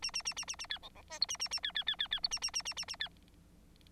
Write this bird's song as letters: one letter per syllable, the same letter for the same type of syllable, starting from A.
A A A A A A B C C D E A A A B B B B B E A A A A A A B